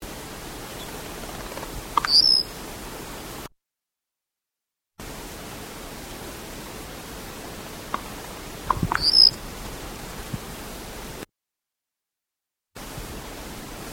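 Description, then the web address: White-winged black tyrant song: two brief displays about seven seconds apart, each a soft click followed by a short, sharp, high-pitched squeaky note, over quiet background hiss. "cantos viudicomun"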